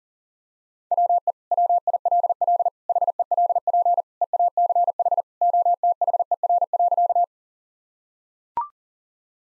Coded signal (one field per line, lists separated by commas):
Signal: Morse code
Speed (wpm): 40 wpm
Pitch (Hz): 700 Hz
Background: none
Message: WE WILL HELP EACH OTHER.